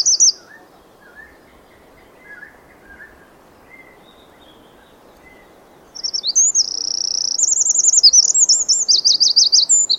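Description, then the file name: Eurasian wren: a short burst of high notes, then several seconds of faint chirps, before a loud, fast song of buzzy trills and warbled rolls fills the final four seconds. "Troglodytes troglodytes"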